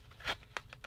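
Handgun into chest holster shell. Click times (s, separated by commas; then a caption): 0.6 s. A handgun with a weapon light is pushed back into an Alien Gear Cloak molded chest holster shell, with a soft scuffing slide followed by a soft click at 0.6 s and a few faint ticks after. It seats snugly, but without a strong positive click: not mushy, yet not a real click either.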